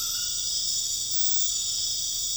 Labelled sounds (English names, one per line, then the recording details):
none
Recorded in dense forest near Puerto Asís, Putumayo, Colombia, on 9 March 2025 at 01:30
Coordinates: 0.484, -76.325
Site G045